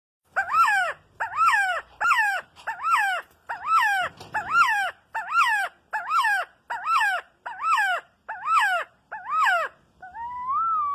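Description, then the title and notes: Quetzal song: a run of many hoarse, rich notes, each swelling up then dropping, spaced under a second apart, ending in a longer rising whistle. Described as the national bird. "CANTO DEL QUETZAL AVE NACIONAL. Canto de un Quetzal"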